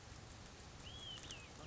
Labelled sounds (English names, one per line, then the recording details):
Olive-sided Flycatcher
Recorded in Sonoma County, California